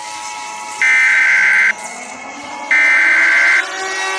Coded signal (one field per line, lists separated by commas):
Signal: Emergency Alert System (SAME) tones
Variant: header bursts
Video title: EAS Scenario 15 | Outbreak In The United States